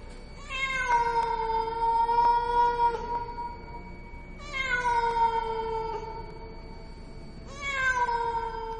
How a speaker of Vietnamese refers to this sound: Thế nhưng bất chợt, con mèo bắt đầu cất lên tiếng kêu não nùng.